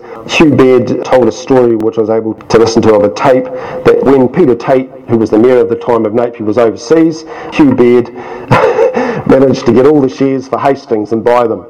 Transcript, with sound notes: Hugh Baird told a story which I was able to listen to on a tape, that when Peter Tait, who was mayor at the time of Napier, was overseas, Hugh Baird [chuckle] managed to get all the shares for Hastings and buy them.